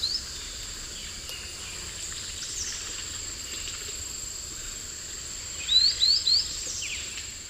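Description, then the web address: White-lored tyrannulet singing three sharp rising whistled notes in quick succession late, with continuous high-pitched insect buzzing throughout. Recorded in the eastern lowlands of South America. "Natures Songs S America Eastern Lowlands. Ornithion inerme, song"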